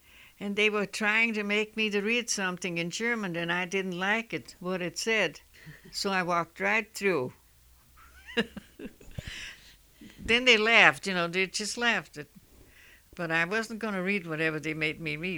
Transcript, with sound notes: And they were trying to make me to read something in German that I didn't like it, what it said. So I walked right through. [Laughs] Then they laughed, you know, they just laughed at. But I wasn't going to read whatever they made me read.